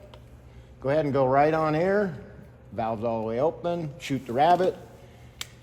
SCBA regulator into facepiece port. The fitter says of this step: goes in now what's going to happen is this is going to hear a click